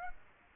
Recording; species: mosquito wingbeat signal from an infrared sensor; Aedes aegypti